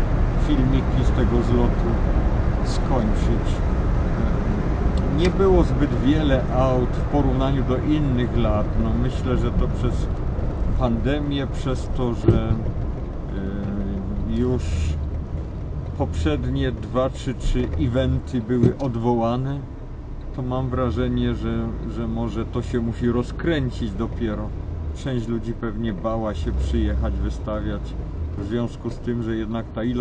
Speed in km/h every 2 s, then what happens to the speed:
74, 69, 67, 62, 54, 42, 34, 23, 10, 0, 0, 0, 0, 0, 0.
0-18 brakes to 0. 18-30 standing.